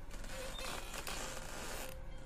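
A small wooden stilt house creaks at night in a long, drawn-out groan, thin squeaky tones sliding over a rough, steady rasp, fairly quiet, with no voices.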